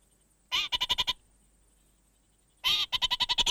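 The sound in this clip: Orange-fronted parakeet chatter, two bursts of fast, harsh, evenly stuttered notes about two seconds apart, the first roughly half a second long, the second running to the end.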